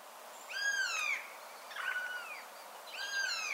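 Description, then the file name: Eurasian jay giving three drawn-out, mewing calls that slur downward, spaced roughly every 1.2 seconds, with soft hiss behind. "Garrulus glandarius"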